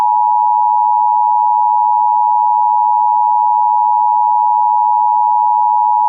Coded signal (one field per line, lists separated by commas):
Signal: Emergency Alert System (SAME) tones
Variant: 853 and 960 Hz attention tone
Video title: EAS Catch 21: Tornado Watch Jackson; Liberty; Jefferson; Calhoun; Madison; Franklin FL